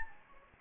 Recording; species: mosquito wingbeat signal from an infrared sensor; Anopheles gambiae